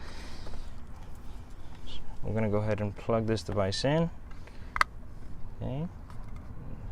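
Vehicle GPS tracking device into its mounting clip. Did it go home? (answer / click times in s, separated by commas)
yes / 4.8 s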